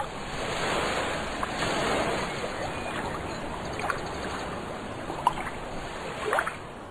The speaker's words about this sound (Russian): Морские волны, ударяясь о прибрежные камни, образовывали белую пену.